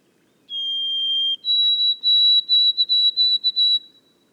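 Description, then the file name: White-throated sparrow whistled song. One sustained clear note steps up to a higher pitch that breaks into a rapid run of short repeated notes, with a quiet background. Boreal forest of Haute-Côte-Nord, 29 May 2018. "bruant-a-gorge-blanche-foret-boreale-de-la-haute-cote-nord-29-mai-2018"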